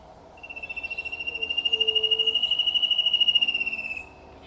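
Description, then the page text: Spot-backed Antshrike call, a long steady high whistle pulsing rapidly for about four seconds, with a brief low tone partway through. Brazil. "CHOCÃO CARIJÓ. biancophoto.nature"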